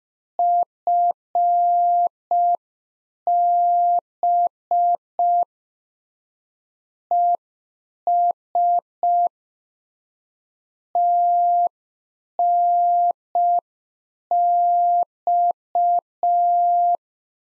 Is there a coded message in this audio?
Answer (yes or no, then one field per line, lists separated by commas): yes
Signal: Morse code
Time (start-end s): 0.4-17.0 s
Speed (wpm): 5 wpm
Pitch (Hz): 700 Hz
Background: none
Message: FB ES TNX